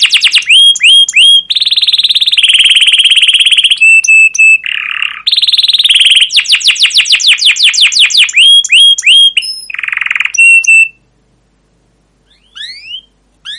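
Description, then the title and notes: Atlantic canary song: rapid rolling trills, buzzy bursts and sweeping chirps delivered almost nonstop, then a brief pause before a few rising notes at the end. Used as a lure and master recording to train young canaries to learn sounds; long, continuous, energetic chirping 'cuit cuit' song with rolls. "CUIT CUIT NGEROL LANGSUNG GACOR PANJANG Kenari Ini Utk Pancingan KENAR. PANCINGAN Kenari GACOR PANJANG Cuit CUIT EMOSI ini utk MASTERAN Kenari PAUD belajar BUNYI. burung kenari"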